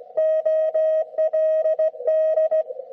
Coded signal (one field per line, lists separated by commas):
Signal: Morse code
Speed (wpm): 17 wpm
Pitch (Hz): 630 Hz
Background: none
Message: OLD